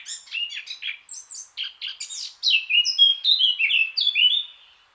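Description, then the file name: Eurasian blackcap singing: a hurried, scratchy twitter followed by a series of louder, pure, whistled notes. "Sylvia atricapilla"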